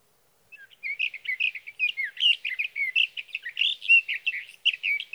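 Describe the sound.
Sage thrasher song: a hurried, continuous jumble of warbled, whistled notes running about four and a half seconds without a break.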